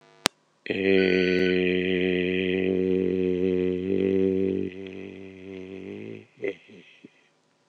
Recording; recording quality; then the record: sustained vowel as in made; excellent, no background noise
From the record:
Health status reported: healthy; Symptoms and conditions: hypertension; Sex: male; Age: 49 years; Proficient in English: yes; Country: India